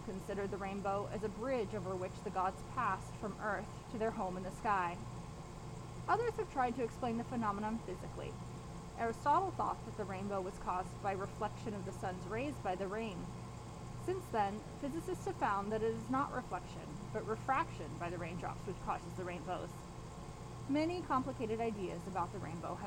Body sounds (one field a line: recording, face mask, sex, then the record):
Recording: reading aloud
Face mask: surgical mask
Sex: female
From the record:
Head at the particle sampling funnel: turned sideways, cheek in front of it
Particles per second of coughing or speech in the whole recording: 0.435